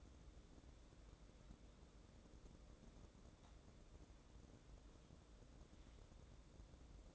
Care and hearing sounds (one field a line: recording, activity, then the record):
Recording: daily activity, microphone in the room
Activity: wipe stove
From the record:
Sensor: 3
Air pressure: 1012.3 hPa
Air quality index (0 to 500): 178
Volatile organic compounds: 3 ppm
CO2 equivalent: 1359 ppm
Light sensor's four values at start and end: 581/1443/596/611 and 582/1447/598/613